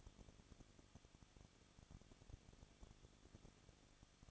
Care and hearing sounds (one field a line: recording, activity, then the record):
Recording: daily activity, microphone in the room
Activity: no activity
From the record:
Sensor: 4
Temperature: 23.1 degrees Celsius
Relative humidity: 34.3%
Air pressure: 1007.2 hPa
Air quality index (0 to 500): 216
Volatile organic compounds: 15 ppm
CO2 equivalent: 2499 ppm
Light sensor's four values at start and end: 2/3/1/1 and 2/3/1/1